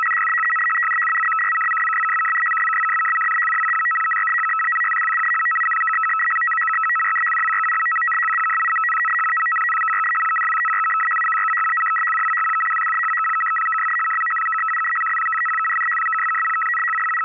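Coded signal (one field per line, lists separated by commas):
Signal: numbers station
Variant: PolFSK, 100 baud FSK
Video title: Decoding Numbers Station: Polish Intelligence 100bd/625Hz FSK - PolFSK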